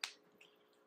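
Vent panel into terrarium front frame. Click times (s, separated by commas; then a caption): 0.0 s. The front vent panel of a glass terrarium is pushed into its frame slot and seats with a sharp, bright click at 0.0 s. A much softer tick follows at 0.4 s, then quiet. The panel goes in easily and secures the front.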